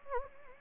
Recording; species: mosquito wingbeat signal from an infrared sensor; Anopheles gambiae